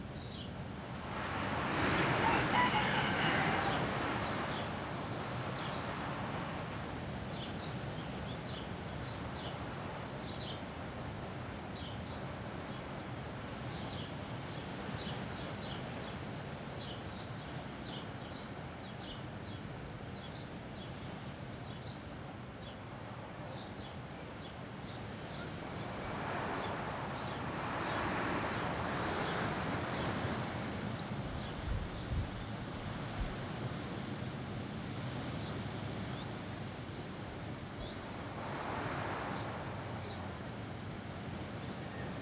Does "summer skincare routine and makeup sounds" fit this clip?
no